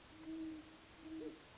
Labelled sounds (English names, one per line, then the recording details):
Great Horned Owl
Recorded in Sonoma County, California